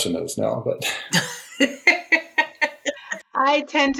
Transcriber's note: laughs